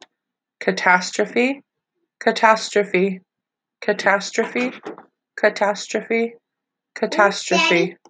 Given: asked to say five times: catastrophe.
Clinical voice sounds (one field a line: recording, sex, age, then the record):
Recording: repeated word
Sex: female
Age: 20 to 29 years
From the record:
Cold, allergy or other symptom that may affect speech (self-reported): no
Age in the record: 27 years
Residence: United States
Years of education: 12